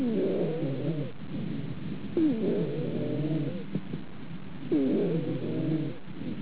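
Stridor in an adult.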